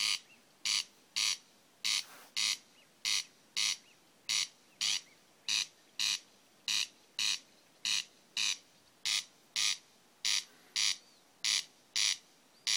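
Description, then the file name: Corn crake calling a rasping, grating crex-crex, double bursts repeated at a very even pace of roughly fifty a minute, nothing else clearly heard. "Åkerrikse 300611"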